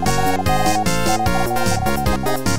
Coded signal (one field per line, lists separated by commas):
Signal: Morse code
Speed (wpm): 48 wpm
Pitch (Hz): 750 Hz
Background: music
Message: ILY MINUTES